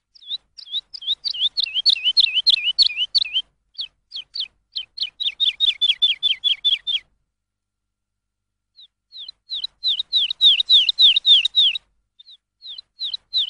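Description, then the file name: Lark song made of long runs of rapid, swooping whistled notes repeated several times a second. A short pause breaks it before it resumes. Lark song used for training songbirds. "suara masteran lark"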